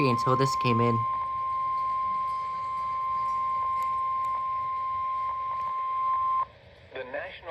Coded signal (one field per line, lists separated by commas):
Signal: Emergency Alert System (SAME) tones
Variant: 1050 Hz attention tone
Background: speech